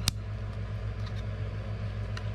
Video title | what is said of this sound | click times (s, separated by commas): How to replace a 2022 Ram 1500 4 Button Smart Remote Key Fob Battery | go ahead and squeeze it together you'll hear it snap | 0.1 s